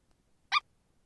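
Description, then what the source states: Bluebird call: one short note in otherwise near silence. Fledgling bluebird.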